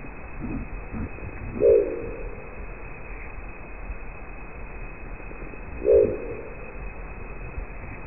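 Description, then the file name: Crested owl calling twice, each a brief low, hollow hoot about four seconds after the last, against constant hiss. "canto da coruja de crista"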